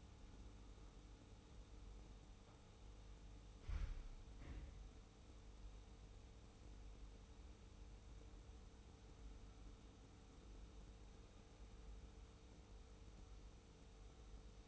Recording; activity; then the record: daily activity, microphone in the room; make coffee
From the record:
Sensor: 1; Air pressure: 990.8 hPa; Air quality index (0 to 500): 138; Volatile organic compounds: 612 ppm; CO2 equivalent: 4953 ppm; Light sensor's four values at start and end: 23/54/23/25 and 23/54/23/25